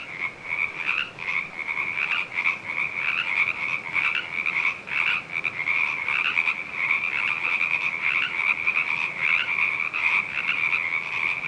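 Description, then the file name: Dense chorus of frogs giving rapid, pulsing high croaks that blend into a constant shimmering trill. "frogchorus"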